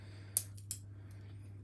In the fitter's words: Of course, the the yarn guide there just like it does on the metal bed machines that will click in place.